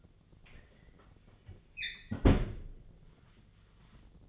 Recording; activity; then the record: daily activity, microphone in the room; close fridge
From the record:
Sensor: 4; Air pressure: 1010.6 hPa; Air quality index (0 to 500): 176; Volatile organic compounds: 5 ppm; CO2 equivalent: 1789 ppm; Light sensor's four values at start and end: 28/85/33/34 and 34/100/40/40